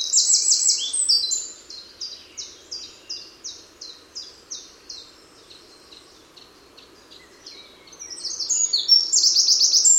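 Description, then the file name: Eurasian wren song: a bright, high trill opening, then a fast run of sharp repeated notes, ending with another loud rattling trill. "Troglodytes troglodytes"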